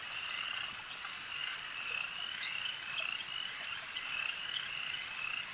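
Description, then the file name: Insects buzzing in a dense, unbroken chorus, a high shimmering band with faint pulsing ripples running steadily throughout. A swarm of insects heard as ambient sound. "Elijah Wagner - Relaxing Insect Swarm Ambience"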